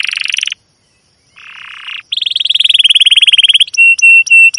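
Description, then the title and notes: Domestic canary singing: a dense buzzy trill, a pause, a softer rasping burst, then rapid chirps and a few sharp, flat whistled notes. Long chirping song used as a lure to train other canaries, especially young birds learning their sound. "CUIT CUIT NGEROL LANGSUNG GACOR PANJANG Kenari Ini AMPUH Utk Pancingan KENAR. PANCINGAN Kenari GACOR PANJANG Cuit CUIT EMOSI ini AMPUH utk MASTERAN Kenari PAUD belajar BUNYI. burung kenari"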